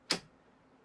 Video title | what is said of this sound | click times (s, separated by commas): WWI/WWII Commonwealth Training Rifles: Sub-Calibre, not Sub-Standard | the bolt pops open allowing you to eject your round now | 0.1 s